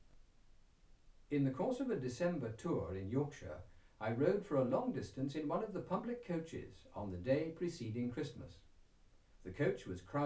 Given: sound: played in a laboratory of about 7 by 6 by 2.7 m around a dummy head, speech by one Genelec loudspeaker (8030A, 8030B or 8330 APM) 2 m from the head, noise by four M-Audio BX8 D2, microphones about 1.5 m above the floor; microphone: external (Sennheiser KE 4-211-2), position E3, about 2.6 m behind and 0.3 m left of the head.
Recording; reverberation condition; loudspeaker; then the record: male speech in English; low; 90 degrees to the right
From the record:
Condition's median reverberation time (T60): about 310 ms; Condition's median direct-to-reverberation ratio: about 3.5 dB